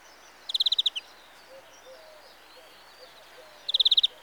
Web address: BBC Sound Effects Library (Birds) Greenfinch (Carduelis Chloris)